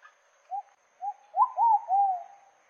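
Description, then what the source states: Pigeon song, one phrase: two soft separate coos, then three louder swooping coos, the last one long. Song of the pigeon known locally as pomba botafogo.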